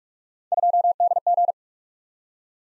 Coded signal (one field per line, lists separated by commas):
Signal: Morse code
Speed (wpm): 44 wpm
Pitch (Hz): 700 Hz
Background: none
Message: 2DG